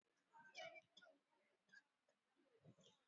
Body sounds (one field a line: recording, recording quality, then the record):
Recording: shallow voluntary cough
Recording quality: moderate, slight background noise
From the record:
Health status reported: exposed to COVID-19, no respiratory illness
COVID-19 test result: not tested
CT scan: not taken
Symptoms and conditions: muscle pain, hypertension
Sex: female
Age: 61 years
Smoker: no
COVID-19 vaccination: one dose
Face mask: worn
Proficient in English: no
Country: India